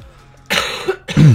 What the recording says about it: I will try to get my voice back ASAP. This actual cough.